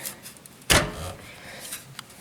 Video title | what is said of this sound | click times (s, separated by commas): My First PC Build | when you hear it click you are good to go | 0.7 s